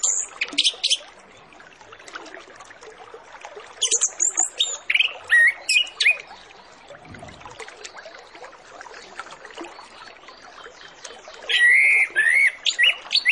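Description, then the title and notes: Orange-headed Thrush song: repeated bursts of rich, slurred whistles and high squeaky notes in three clusters, separated by stretches of soft background chatter. Full song with varied filler phrases, played as a lure recording to prompt Orange-headed Thrushes to start singing quickly. "Masteran Anis Kembang Full Isian Untuk Suara Pancingan Anis Kembang Agar Cepat Ngeplong. Suara Burung Anis Kembang"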